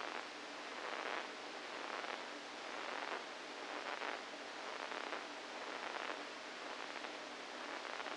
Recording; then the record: brain microelectrode recording played as sound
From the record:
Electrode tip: inside the subthalamic nucleus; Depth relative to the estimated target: -4 mm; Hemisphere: right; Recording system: NeuroSet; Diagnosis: Parkinson's disease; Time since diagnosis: 7 years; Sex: female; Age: 68 years